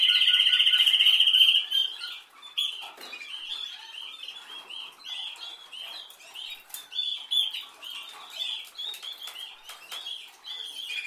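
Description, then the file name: Canary song opening with a loud, fast rolling trill, followed by chirps and short twittering phrases. "Canary Voice"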